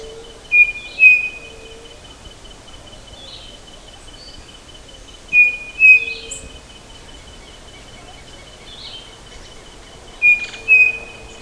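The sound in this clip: Bird calling with a pair of short, clear whistled notes, repeated about every five seconds over a quiet hiss.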